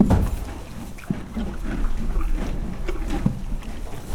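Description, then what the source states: Horse munching hay: several soft crunching sounds over a steady low rumble. Horses in a stable in a farmyard, eating hay.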